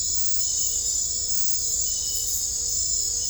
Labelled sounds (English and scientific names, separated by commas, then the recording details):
none
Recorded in dense forest near Puerto Asís, Putumayo, Colombia, on 21 December 2024 at 00:00
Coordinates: 0.500, -76.322
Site G053